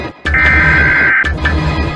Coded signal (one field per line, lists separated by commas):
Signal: Emergency Alert System (SAME) tones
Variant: header bursts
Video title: Rating more Cities EAS Alarms! (Pt.29) | Thank you for 690 Subscribers!